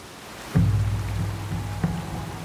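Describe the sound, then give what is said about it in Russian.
A waterfall rushing over large rock ledges into a small pool, a steady hissing roar with a deep low rumble that swells in suddenly after a brief quiet start and holds evenly, with no voices. “Бурный поток стекает с больших каменных уступов, вливается в озерцо и течет дальше.”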